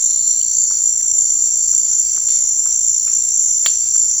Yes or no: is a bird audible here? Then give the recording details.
no. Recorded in dense forest near Puerto Asís, Putumayo, Colombia, on 21 March 2025 at 16:30. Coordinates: 0.485, -76.318. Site G056